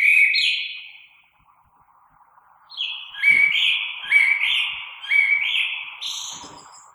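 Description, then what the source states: Common blackbird song: the tail of one fluted phrase, a short silence, then a longer mellow warbling phrase of several rich notes with thin high twitters on top. Recorded 3 March 2020.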